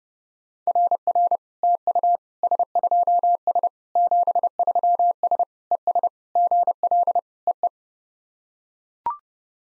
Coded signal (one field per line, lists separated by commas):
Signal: Morse code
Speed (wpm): 32 wpm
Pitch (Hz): 700 Hz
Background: none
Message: RR TU S2S 73S ES GL EE